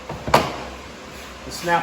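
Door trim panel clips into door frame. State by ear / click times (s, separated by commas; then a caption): seated / 0.3 s. A door trim panel on a Fiat 500 Abarth, already hooked in at the top during a window lift assembly (regulator and motor) replacement, is pressed at the bottom so its plastic clips snap into the door frame. A sharp snap is heard at 0.3 s as the panel seats, and someone talks near the end.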